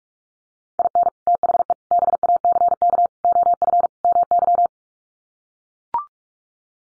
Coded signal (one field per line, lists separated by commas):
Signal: Morse code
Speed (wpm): 44 wpm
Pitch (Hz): 700 Hz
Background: none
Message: IN THE BACK OF MY